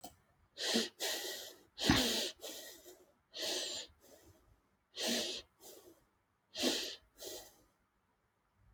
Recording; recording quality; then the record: shallow breathing; excellent, no background noise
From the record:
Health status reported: healthy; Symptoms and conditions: none ticked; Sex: female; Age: 28 years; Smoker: not ticked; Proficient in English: yes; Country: France